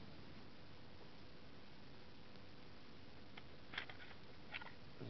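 While reassembling a Glock pistol (Glock 23 Gen 3 / Glock 22 Gen 4) after cleaning, the recoil spring assembly is fitted with the slide onto the frame, and the metal parts tick and clatter, loudest around 3.8 s and 4.6 s. The spring sits too high and does not seat; nothing has seated or clicked yet.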